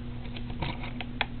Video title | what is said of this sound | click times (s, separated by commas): Hasbro Transformers Prime Beast Hunters: Voyager Shockwave | This just clicks in. | 1.0 s, 1.2 s